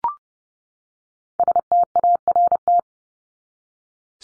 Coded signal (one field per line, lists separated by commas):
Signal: Morse code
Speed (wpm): 30 wpm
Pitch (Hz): 700 Hz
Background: none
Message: START